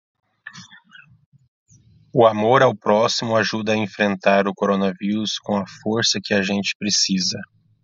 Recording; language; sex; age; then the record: spoken sentence; Brazilian Portuguese; male; 40 to 49 years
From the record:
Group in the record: control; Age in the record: 42 years